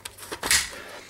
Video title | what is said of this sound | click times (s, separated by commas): IO 247c review Florida production | This just clicks right in, and | 0.1 s